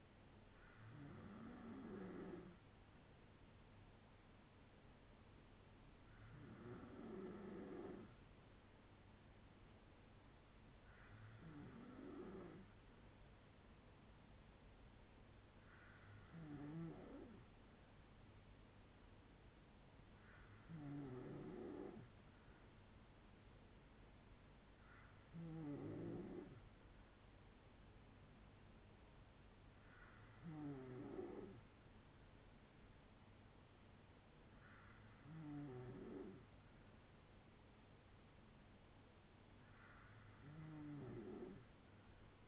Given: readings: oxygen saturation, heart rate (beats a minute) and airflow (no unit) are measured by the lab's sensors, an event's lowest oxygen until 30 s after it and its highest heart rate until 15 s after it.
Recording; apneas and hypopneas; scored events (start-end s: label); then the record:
breathing in sleep by a voice recorder at the bedside; none
none scored
From the record:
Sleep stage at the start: N2 (light sleep); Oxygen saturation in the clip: 93 to 94%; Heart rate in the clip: 54 to 75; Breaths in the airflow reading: 9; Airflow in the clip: -5.8 to 4.3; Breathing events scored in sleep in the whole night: 182 in 7.4 hours asleep